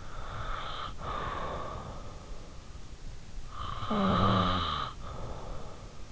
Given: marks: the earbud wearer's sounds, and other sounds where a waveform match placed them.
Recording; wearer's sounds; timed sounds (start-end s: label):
sounds in sleep by an in-ear microphone; breath, snoring breath
0.00-2.00 s: breath
3.37-6.05 s: snoring breath